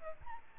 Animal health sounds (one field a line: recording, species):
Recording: mosquito wingbeat signal from an infrared sensor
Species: Aedes albopictus